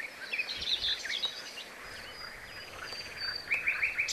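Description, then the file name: Common nightingale song: scattered whistled phrases, then a closing run of rapid repeated notes. "Luscinia megarhynchos"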